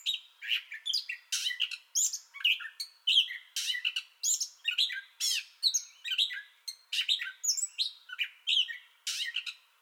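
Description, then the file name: Gray catbird singing a fast stream of mixed harsh buzzy and clear slurred notes, phrases following each other with barely a pause. Song bout already in progress, recorded 30 May 2021. "2021-05-30 Gray Catbird Song Bout Already Going"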